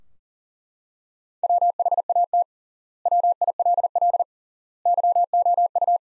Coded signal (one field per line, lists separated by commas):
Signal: Morse code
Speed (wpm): 40 wpm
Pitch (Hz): 700 Hz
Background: none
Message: WHAT WILL YOU